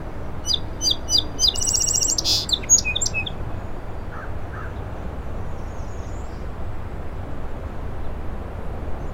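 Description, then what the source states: Song sparrow song: a few sharp opening notes, then a quick ringing trill and a buzzy close in the first three seconds, over a steady low rumble; faint soft notes follow later. Singing from a shrub on a causeway to Little Moose Island, 07:02 on 21 June 2017, mostly sunny, 60 degrees, incoming tide; Fostex FR2 recorder with Sennheiser ME64, trimmed and levelled.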